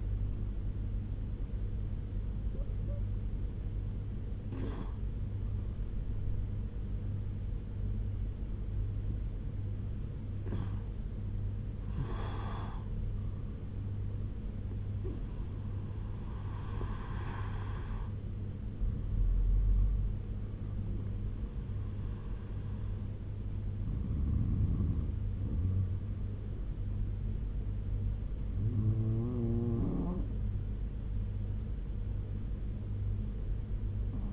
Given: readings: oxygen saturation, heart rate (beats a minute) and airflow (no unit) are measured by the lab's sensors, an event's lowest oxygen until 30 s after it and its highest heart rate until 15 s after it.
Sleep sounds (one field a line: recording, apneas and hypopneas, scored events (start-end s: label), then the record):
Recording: breathing in sleep by a smartphone at the bedside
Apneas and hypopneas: none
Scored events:
20.00-34.33 s: new sleep stage, N2 (light sleep)
From the record:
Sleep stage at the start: N1 (lightest sleep)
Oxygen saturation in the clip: 89 to 96%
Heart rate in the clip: 67 to 84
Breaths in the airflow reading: 6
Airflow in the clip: -5.9 to 7.0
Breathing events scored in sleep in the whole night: 201 in 6.5 hours asleep